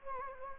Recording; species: mosquito wingbeat signal from an infrared sensor; Anopheles gambiae